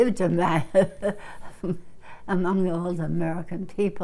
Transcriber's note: she laughs